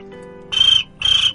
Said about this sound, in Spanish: Poneme el sonido característico de Grillo.